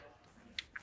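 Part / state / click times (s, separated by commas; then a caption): electrical connector onto ignition coil / seated / 0.6 s, 0.8 s. An electrical connector is pushed onto an ignition coil under a 2005–2008 Porsche 987.1 Cayman/Boxster during a spark plug and ignition coil replacement. Against a quiet background, a sharp click at 0.6 s and a second, smaller click at 0.8 s are heard as the connector latches onto the coil and seats in place.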